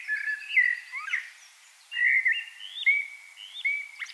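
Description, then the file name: Common blackbird singing short fluty phrases separated by brief pauses, some ending in high twitters. "Turdus merula"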